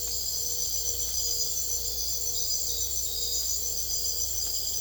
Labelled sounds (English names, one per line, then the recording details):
none
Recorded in secondary vegetation near Puerto Asís, Putumayo, Colombia, on 22 December 2024 at 01:30
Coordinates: 0.488, -76.319
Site GP04